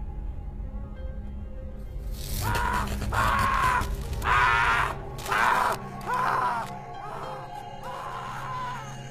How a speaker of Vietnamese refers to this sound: Vậy tiếng hét ấy là của ai? Tò mò, mấy ông mấy chú lại càng đi nhanh hơn. Ở bên kia tiếng hét nghe ghê lắm, thảm thiết đau đớn lắm.